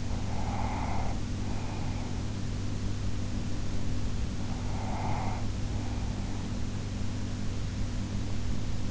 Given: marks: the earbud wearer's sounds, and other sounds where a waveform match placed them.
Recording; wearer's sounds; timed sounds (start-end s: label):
sounds in sleep by an in-ear microphone; breath
0.00-2.97 s: breath
4.42-7.14 s: breath